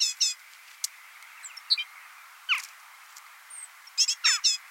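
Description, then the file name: Great tit calls, short clusters of high chattering notes at start and end, with a few scattered chips and a descending note in between. "Parus major"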